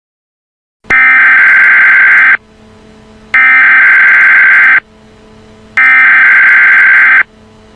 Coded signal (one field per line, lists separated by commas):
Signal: Emergency Alert System (SAME) tones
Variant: header bursts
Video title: What if a nuclear bomb eas interupts the Simpsons (eas scenario)